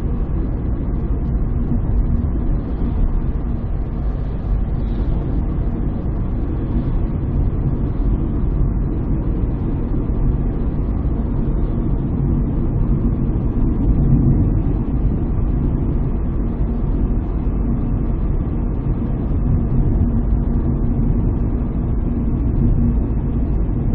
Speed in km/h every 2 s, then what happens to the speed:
65, 66, 66, 66, 66, 65, 64, 64, 64, 65, 63, 61.
0-18 steady at about 65.